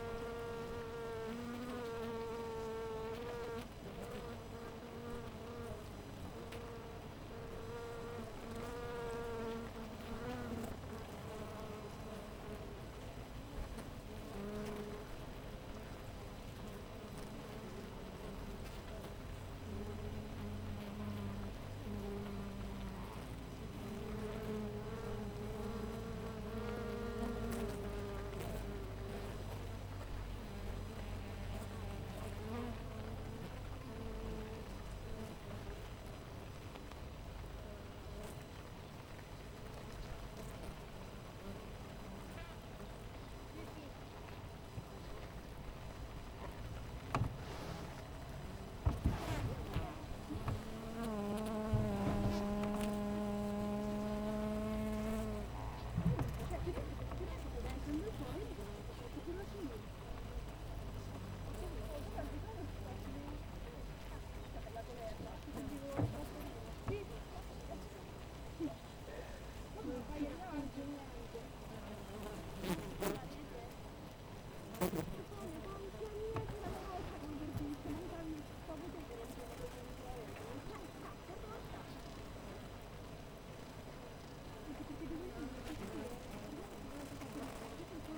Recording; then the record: honeybee colony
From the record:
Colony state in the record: missing queen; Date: 14 July 2017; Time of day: 7:10